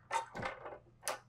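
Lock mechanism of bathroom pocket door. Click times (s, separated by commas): 1.1 s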